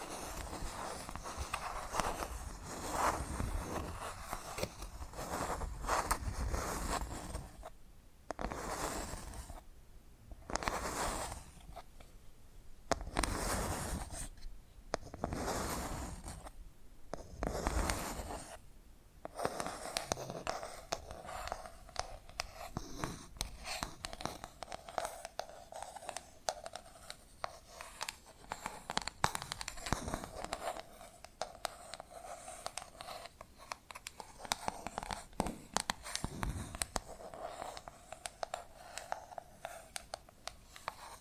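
Fingers tap and scratch in a steady, busy patter that runs the whole way through. The first twenty seconds bring bursts of louder, fuller scratching every second or two. Afterward the sounds turn finer and quicker, a dense, brittle rustle with occasional sharper taps.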